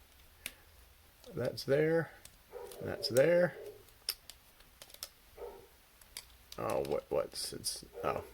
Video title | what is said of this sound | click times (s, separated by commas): Studio Series AUTOBOT DRIFT (#45) Transformers Deluxe Figure Review (Helicopter Mode) | these together they will click in they will snap together that's | 0.5 s